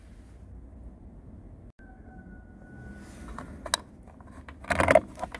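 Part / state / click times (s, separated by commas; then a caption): fuel filler cap onto car fuel filler neck / seated / 3.7 s. A new replacement fuel filler cap is screwed onto the fuel filler neck of a QM5 2.5 gasoline car and turned until it locks. It gives a single sharp click at 3.7 s, unlike the ratcheting sound of the original cap. A burst of handling noise follows near 4.8 s, and the cap is locked.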